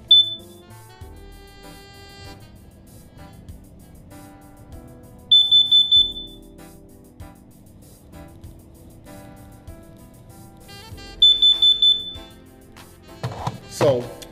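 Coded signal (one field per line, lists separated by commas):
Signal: alarm pattern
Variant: carbon monoxide detector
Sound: three bursts of quick high beeps about six seconds apart, over soft music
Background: background music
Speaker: carbon monoxide detectors on the other hand sound a little different they have four beeps and they sound like this four quick beeps and a pulse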